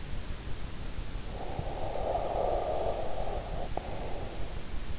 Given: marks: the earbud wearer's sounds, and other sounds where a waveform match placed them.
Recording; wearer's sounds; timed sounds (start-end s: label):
sounds in sleep by an in-ear microphone; breath
0.99-4.93 s: breath